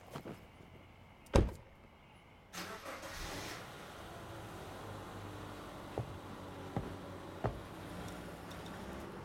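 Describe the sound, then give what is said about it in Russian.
A car door slams sharply as a woman gets into the car, then an engine starts and settles into a steady hum, with a few small clicks and knocks over the running motor. “Она садится в машину.”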